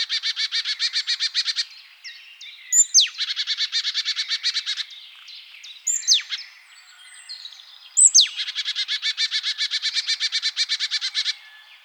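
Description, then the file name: Marsh tit call series: rapid buzzy chatter, then several sharp, high descending notes, some leading into further fast runs of harsh, evenly spaced buzzy notes. "Poecile palustris"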